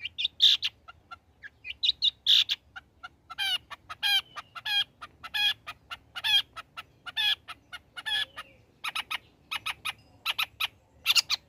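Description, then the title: Long-tailed shrike song, varied and busy, mixing rich harmonic notes with sharp high chirps in a steady stream. Actively singing bird, used as a tutor song for training other birds. "Cendet Gacor Cocok Untuk Masteran"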